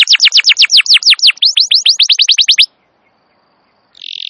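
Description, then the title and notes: Canary song: a rapid series of loud descending whistled notes for over two seconds, a silent pause, then a dense buzzy trill begins. Canary song described as long and very vigorous, used as a lure and master recording suited for training wild canaries. "Pikat Kenari GACOR PANJANG INI Cocok Untuk Masteran KENARI LIAR. Masteran burung kenari gacor parah"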